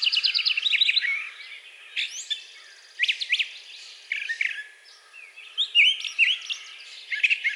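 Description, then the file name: Brown thrasher song that opens with a rapid stuttered burst, then continues in separate sharp, varied phrases split by short gaps. Recorded on 4 June 2020. "2020-06-04 Brown Thrasher"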